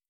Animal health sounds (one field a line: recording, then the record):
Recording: hydrophone in a shrimp aquaculture tank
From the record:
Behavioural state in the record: stressed